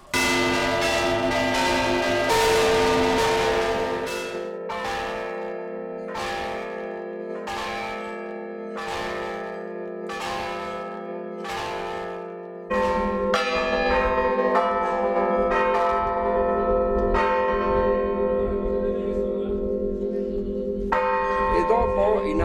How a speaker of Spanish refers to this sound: Campane hanno due cose basiche. Il golpe secco è questo, forte.